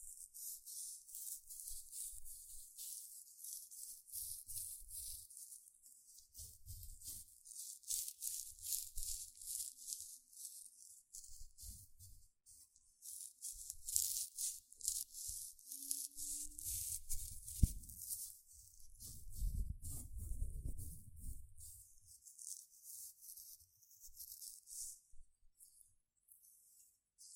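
Gentle scratching sounds run throughout as soft, crisp, high-pitched rasping strokes that come in quick repeated bursts with brief gaps. Low thumps and rumbles appear occasionally, with a fuller, heavier rustle around twenty seconds and a short low tone near sixteen seconds.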